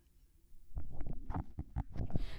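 After a quiet start, a run of irregular low gurgles and rumbling bursts, deep and muffled, comes in uneven clusters. These are stomach growling sounds, or borborygmi: gas and fluid moving through the gut of an adult woman, recurring again and again.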